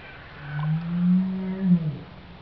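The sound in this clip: Whale calling with one long, low moan lasting over a second.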